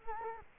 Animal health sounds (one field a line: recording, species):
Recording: mosquito wingbeat signal from an infrared sensor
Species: Culex quinquefasciatus